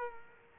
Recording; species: mosquito wingbeat signal from an infrared sensor; Culex quinquefasciatus